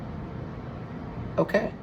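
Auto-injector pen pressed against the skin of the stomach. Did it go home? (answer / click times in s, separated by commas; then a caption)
no / none. A single-use Wegovy auto-injector pen is pressed and held against the skin of the stomach while someone briefly talks over a low, steady background. Two short handling bursts come near the end of the clip. Nothing has clicked yet; the pen is still being held in place and the end-of-dose click has not come.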